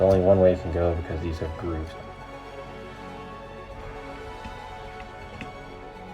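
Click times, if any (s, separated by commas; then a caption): 5.4 s. A man talks over background music for about the first two seconds, and the music continues quietly after that. The plastic connector on the camera module wire is pushed into the first slot of the expansion board, and it can only go in one way because it is keyed by grooves. A short, sharp click at 5.4 s confirms the connector has seated.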